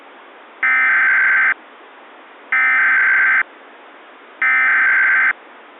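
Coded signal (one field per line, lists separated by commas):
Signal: Emergency Alert System (SAME) tones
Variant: header bursts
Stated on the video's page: Fictional EAS scenario containing valid EAS tones that could trigger real activations if aired.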